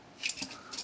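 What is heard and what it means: During the transformation of a small plastic Transformers JD01 Optimus Prime robot toy, the upper chest is rotated 180 degrees and the plastic back cover panel is pressed closed into the torso. A single sharp plastic click sounds at 0.3 s, with fainter handling taps around 0.4 s and 0.8 s. The cover snaps shut and is seated.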